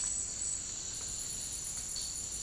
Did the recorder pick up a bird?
no